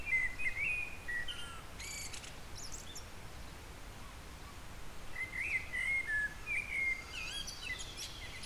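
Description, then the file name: Eurasian blackbird song: a warbled, flute-like phrase at the start and another after a pause, each mixed with high, scratchy twitters. Gentle background noise throughout. "Turdus merula"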